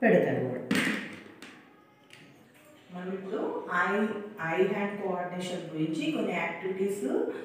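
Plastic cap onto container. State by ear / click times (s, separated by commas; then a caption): seated / 1.4 s. In an eye-hand coordination activity for children, a plastic cap is pressed onto its container until it snaps shut, so the lid isn't left loose. Someone talks, then a short sharp snap is heard at 1.4 s in a quiet gap, followed by a faint tick, and the talking resumes. The cap is seated.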